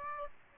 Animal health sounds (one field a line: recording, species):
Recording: mosquito wingbeat signal from an infrared sensor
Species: Aedes aegypti